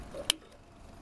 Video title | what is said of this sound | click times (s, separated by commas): How to Assemble and Install The Elite Retractable Screen Outside Mount | And when you hear that click, you know that the motor side is securely fastened. | 0.3 s